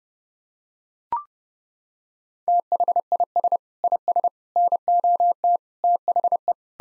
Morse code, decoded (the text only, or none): THIS IS NOT THE